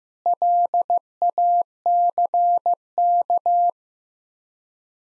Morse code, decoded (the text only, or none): LACK